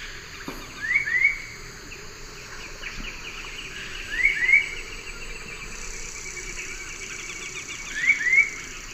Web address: Natures Songs S America Eastern Lowlands. Attila citriniventris, call